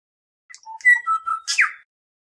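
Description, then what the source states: Bellbird giving a short clear phrase of bell-like whistled notes, closing with a harsher downslurred note; quiet background. Male.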